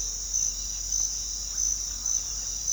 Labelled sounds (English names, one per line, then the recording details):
none
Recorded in pastures near Puerto Asís, Putumayo, Colombia, on 21 March 2025 at 06:00
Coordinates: 0.487, -76.322
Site G077